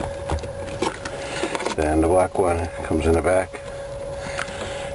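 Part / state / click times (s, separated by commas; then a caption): turn signal switch wire connector into steering column connector holder / seated / 4.4 s. The black turn signal switch wiring plug on a 1970s GM steering column is pushed into its spot at the back of the steering column connector holder while someone talks, with a few small handling taps underneath. It snaps into position with a sharp click at 4.4 s, and the connector is seated.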